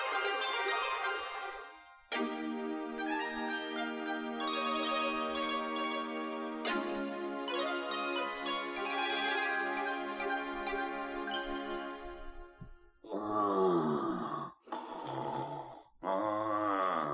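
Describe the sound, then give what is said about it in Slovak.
Sustained, chord-like music gives way to three loud, rasping snores, each a long rumbling groan that swells and sinks in pitch, with short pauses between breaths. “Už aj počujem, že som na mieste. Šarkan chrápe, ako by drevo pílil.”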